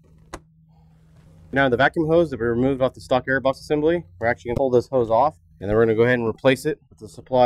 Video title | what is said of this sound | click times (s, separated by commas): 2011-14 Ford F-150 5.0L - Install: Flowmaster Delta Force Cold Air Intake 615127 | push it onto your here snap | 0.3 s